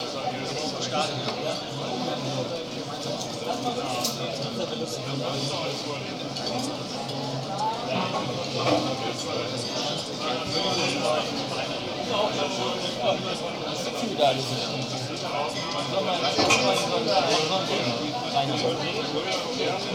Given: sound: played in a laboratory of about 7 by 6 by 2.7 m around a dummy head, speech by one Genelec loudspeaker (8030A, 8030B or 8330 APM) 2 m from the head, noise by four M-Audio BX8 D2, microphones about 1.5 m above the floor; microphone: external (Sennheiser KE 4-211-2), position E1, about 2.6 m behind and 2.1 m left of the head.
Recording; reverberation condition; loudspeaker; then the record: cafeteria noise; low; four, about 170 cm from the corners of the room and facing them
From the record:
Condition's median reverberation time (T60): about 310 ms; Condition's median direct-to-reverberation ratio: about 3.5 dB